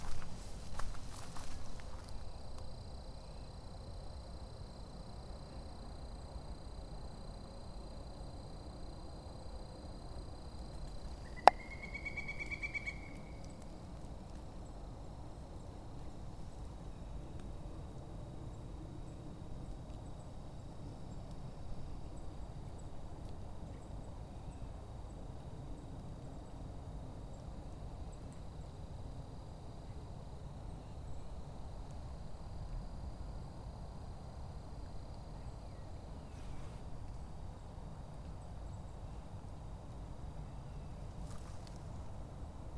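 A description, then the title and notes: Outdoor soundwalk in Withlacoochee State Forest: steady low rumble, a sharp click near eleven seconds followed by a brief bright whistle. Soundwalking - Withlacoochee State Forest.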